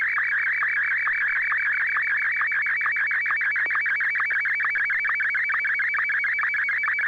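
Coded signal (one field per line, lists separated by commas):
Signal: SSTV (slow-scan television)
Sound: rapid warbling, buzzy tone with steady rhythmic ticking, continuous throughout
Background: low hum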